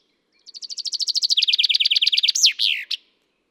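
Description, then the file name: Common chaffinch singing one complete phrase, a trill of sharp notes that falls in pitch, capped by an emphatic swooping end flourish. "Fringilla coelebs"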